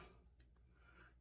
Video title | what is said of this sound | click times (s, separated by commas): Canon EOS M50 Setup Video | yeah you push this in and it like clicks you press it down when it clicks | 0.4 s